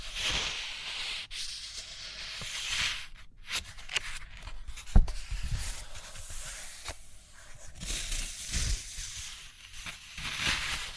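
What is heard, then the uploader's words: Paper and pen sounds: a steady, dry scratching and rubbing like pencil strokes on a page, coming in bursts that rise and fade every second or two. A sharp tap lands near the five-second mark, with a few softer knocks and brief pauses between strokes. Page Turning and Tapping, Writing, Drawing.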